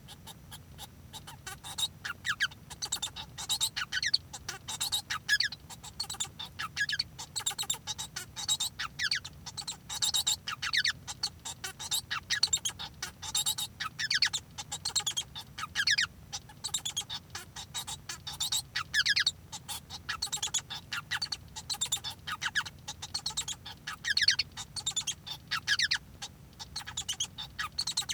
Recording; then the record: song of a male Bengalese finch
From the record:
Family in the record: son of father 1